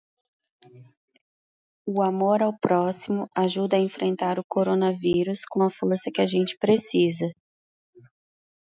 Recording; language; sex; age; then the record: spoken sentence; Brazilian Portuguese; female; 30 to 39 years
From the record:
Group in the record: control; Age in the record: 34 years